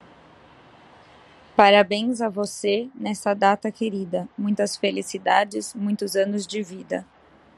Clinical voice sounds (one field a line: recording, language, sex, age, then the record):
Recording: short text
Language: Brazilian Portuguese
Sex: female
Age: 30 to 39 years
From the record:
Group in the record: control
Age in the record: 30 years